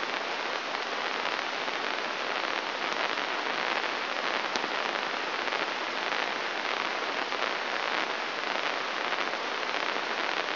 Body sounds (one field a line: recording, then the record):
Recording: brain microelectrode recording played as sound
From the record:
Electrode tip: inside the subthalamic nucleus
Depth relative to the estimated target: -1 mm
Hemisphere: right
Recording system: AlphaMap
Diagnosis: Parkinson's disease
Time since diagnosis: 24 years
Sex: male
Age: 67 years